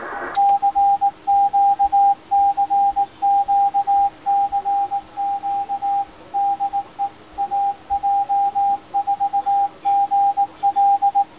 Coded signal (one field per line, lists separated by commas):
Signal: Morse code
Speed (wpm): 18 wpm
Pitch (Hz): 800 Hz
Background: radio noise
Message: CQ CQ CQ DE AJ4GL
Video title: Arduino Nano automated CW straight keyer morse code robot